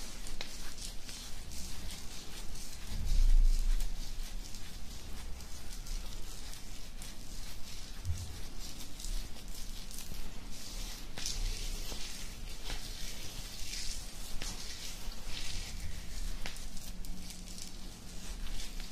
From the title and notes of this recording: ASMR INSANE BEARD SCRATCHING.